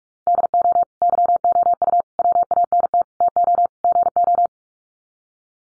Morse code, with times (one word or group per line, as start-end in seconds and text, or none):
0.3-0.8 DO
1.0-2.0 YOU
2.2-3.0 WANT
3.2-3.7 TO
3.8-4.5 GO